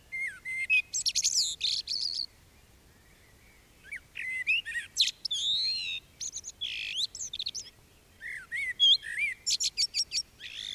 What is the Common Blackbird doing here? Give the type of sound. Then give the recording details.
song. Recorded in the wild. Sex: male. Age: adult. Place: Bielefeld-Mitte, Nordrhein-Westfalen, DE. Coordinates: 52.0081, 8.54694. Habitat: residential district. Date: 1968-04-20. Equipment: Uher 4000 Report-S, Bändchenmikro Beyer M 260, Parabolspiegel Polyester (470 mm). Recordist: Conrads, Klaus